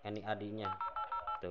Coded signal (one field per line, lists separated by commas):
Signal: DTMF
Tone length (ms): 150 ms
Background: speech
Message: 80808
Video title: PART KE 2 FUNGSI MENU HT BAOFENG UV-9R PLUS. DIGITAL MOBILE RADIO. #indonesia #subscribe #youtube